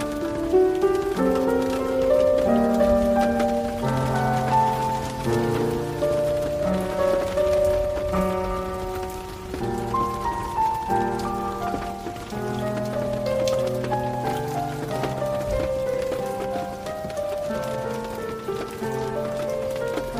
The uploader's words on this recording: Calming Classical Piano with Rain. Soothing rain sounds.